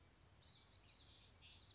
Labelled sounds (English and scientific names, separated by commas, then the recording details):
Common Yellowthroat (Geothlypis trichas)
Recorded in Sonoma County, California